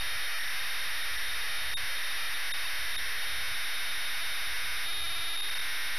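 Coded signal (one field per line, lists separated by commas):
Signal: ZX Spectrum tape loading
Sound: steady harsh buzzing screech of tape data with two brief gaps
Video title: WEST BANK (ZX SPECTRUM) # INCLUDING FULL TAPE LOADING # GAMEPLAY #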